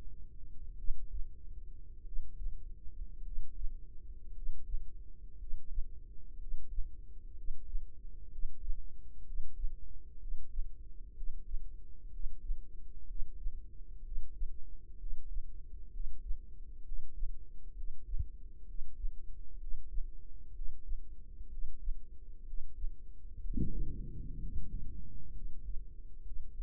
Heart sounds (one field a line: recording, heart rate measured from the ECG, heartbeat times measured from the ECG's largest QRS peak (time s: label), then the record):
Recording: heart sounds by microphone in the right ear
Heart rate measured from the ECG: 61 bpm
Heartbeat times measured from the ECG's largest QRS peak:
0.74 s: heartbeat
2.02 s: heartbeat
3.20 s: heartbeat
4.31 s: heartbeat
5.35 s: heartbeat
6.35 s: heartbeat
7.32 s: heartbeat
8.27 s: heartbeat
9.22 s: heartbeat
10.16 s: heartbeat
11.12 s: heartbeat
12.08 s: heartbeat
13.04 s: heartbeat
14.00 s: heartbeat
14.95 s: heartbeat
15.88 s: heartbeat
16.81 s: heartbeat
17.72 s: heartbeat
18.63 s: heartbeat
19.56 s: heartbeat
20.50 s: heartbeat
21.46 s: heartbeat
22.42 s: heartbeat
23.39 s: heartbeat
24.37 s: heartbeat
25.30 s: heartbeat
26.21 s: heartbeat
From the record:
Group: healthy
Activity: breath hold 0-24 s, rest 24-27 s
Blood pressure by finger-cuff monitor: 98/51 mmHg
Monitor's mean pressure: 61 mmHg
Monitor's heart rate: 62 bpm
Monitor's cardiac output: 5 L/min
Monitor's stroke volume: 82 mL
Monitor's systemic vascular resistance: 860 dyn s/cm5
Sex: male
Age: 25 years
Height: 170 cm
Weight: 70.4 kg